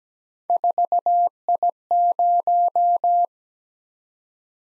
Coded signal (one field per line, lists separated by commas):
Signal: Morse code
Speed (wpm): 17 wpm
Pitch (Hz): 700 Hz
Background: none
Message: 4I0